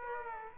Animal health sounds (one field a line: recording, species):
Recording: mosquito wingbeat signal from an infrared sensor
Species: Aedes aegypti